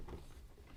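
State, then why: Not seated. An embroidery hoop is handled at the carriage arm of a Brother SE600, SE800, SE900 or SE1900 embroidery machine. There is a faint low rumble with one brief soft tick near 0.1 s. Nothing has seated or clicked yet.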